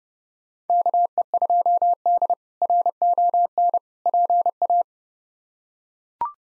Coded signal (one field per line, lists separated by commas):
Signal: Morse code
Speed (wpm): 32 wpm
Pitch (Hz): 700 Hz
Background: none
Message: KE2D RON PA